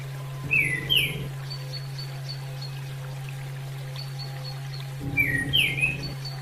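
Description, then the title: Bird song: a short whistled phrase of slurred notes falling then rising, given twice about four seconds apart, with faint high chirps between, a steady low hum and rushing noise. "SuaraBurung Kicau"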